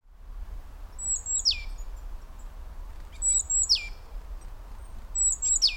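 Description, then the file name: Great tit giving three high, thin calls, each ending in a quick descending sweep, spaced about two seconds apart against a low background rumble. "Parus major"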